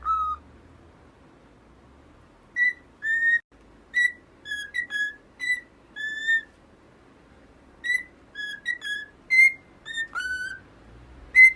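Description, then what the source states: Cockatiel whistling in short pure notes, some level and some gliding, given in loose phrases with quiet gaps between them. Several cockatiels singing, whistling.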